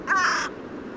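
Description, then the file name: Carrion crow giving a single harsh, rasping caw, short and abrupt, with quiet background after it. "Corvus corone"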